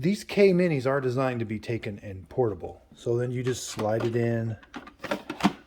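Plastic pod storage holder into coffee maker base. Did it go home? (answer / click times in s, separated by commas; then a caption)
yes / 5.5 s. A plastic pod storage holder is slid into the base of a Keurig K-Mini coffee maker while someone talks. A few light plastic knocks come near the end, and it sort of locks into place with a soft plastic click rather than a firm snap at 5.4 s.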